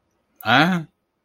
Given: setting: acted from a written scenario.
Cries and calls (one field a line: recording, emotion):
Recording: vocal sound without words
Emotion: confusion